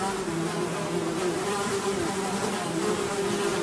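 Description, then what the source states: Fly: flies buzzing: a steady, low droning hum that holds without a break. Several flies buzzing.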